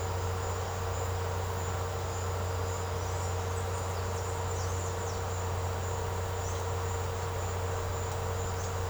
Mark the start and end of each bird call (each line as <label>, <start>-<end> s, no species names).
bird call, 2.96-5.34 s